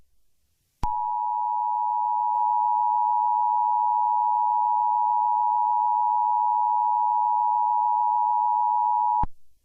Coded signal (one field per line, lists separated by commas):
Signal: Emergency Alert System (SAME) tones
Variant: 853 and 960 Hz attention tone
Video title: EAS Mocks -- actual alerts 11 18 2020